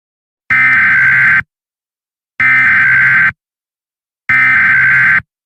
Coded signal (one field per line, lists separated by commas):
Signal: Emergency Alert System (SAME) tones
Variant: header bursts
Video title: EAS Scenario | The Dream World Crisis | Emergency Alert System | NiGHTS Journey of Dreams